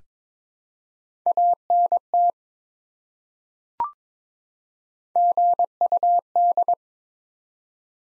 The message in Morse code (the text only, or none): ANT GUD